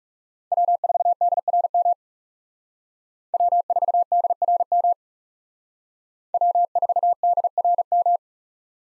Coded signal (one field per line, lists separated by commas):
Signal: Morse code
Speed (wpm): 38 wpm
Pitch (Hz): 700 Hz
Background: none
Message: W4DRM W4DRM W4DRM